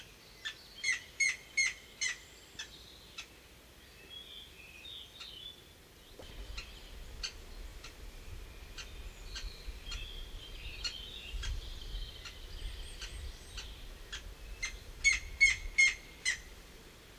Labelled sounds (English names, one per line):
Grey-headed Woodpecker begging call